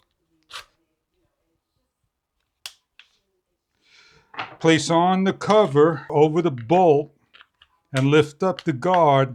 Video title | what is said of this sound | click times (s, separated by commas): Mini Chainsaw Cordless 6 Inch, 32FT/S Fast Powerful Cutting, Brushless Electric Handheld | When you feel everything is secured, simply now hit the lock button. | 2.7 s